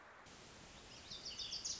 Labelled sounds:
Wilson's Warbler (Cardellina pusilla)
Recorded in Sonoma County, California

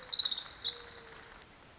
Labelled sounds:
Pacific Wren (Troglodytes pacificus)
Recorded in Sonoma County, California

